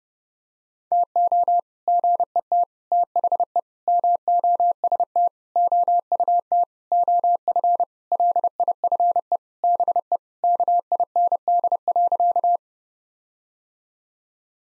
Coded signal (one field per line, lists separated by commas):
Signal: Morse code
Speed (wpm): 32 wpm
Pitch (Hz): 700 Hz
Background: none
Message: TO GET THE MOST OUT OF LIFE BE KIND.